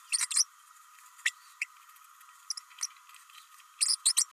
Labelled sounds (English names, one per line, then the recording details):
Green-rumped Parrotlet babbling
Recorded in a nest box in Venezuela
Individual 18B104A3